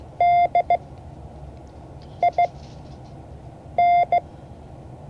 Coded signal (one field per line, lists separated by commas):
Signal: Morse code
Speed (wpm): 16 wpm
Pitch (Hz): 700 Hz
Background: none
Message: DIN